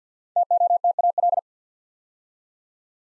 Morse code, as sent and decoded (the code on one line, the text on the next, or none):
- --- - .- .-..
TOTAL